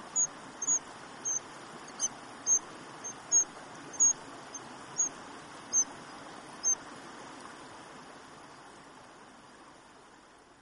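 White-throated dipper calls: short, sharp high zit notes repeated roughly every half second to second, eleven in all, over a steady background hiss.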